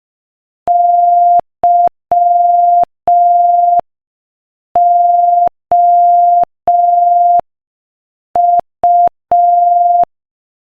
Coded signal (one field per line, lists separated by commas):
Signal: Morse code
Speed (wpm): 5 wpm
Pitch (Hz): 700 Hz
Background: none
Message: YOU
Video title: Morse Code Practice: 5 wpm Joke #4